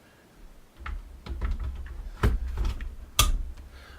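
The plastic neck of a BenQ GL2580HM monitor stand is pushed onto its base by hand, with no screws. Several softer taps and knocks of handling come first, followed by a sharp, loud click at 3.2 seconds as the neck clips firmly into place.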